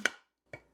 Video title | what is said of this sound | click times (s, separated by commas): Tofu Ice Cream That Tastes Like a Mounds Bar🍦Dairy Free & Vegan Ninja Creami | locks into place, and got our lid | 0.1 s